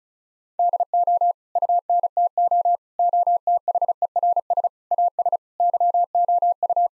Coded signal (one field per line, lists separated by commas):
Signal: Morse code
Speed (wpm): 36 wpm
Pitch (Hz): 700 Hz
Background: none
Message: DO UNTO OTHERS AS YOU